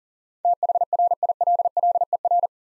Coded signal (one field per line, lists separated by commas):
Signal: Morse code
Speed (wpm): 40 wpm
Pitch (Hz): 700 Hz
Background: none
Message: THRILLER